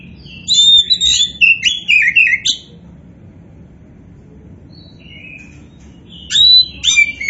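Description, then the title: Oriental magpie-robin with a lively two-second phrase of bright whistles and warbles, a quiet gap with soft notes, then a fresh sharp whistled start. A 'kacer poci' type magpie-robin described as gacor (singing actively). "Kacer Poci Gacor"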